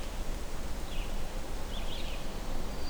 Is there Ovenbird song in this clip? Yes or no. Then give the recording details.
no. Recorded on 24 June 2016 at 05:39. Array SBT-6-76